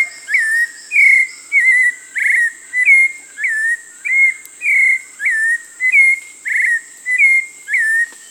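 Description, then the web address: Hauxwell's thrush whistling a steady series of clear notes over a constant high hum. South America. "Natures Songs S America Hauxwell's Thrush (Turdus hauxwelli)"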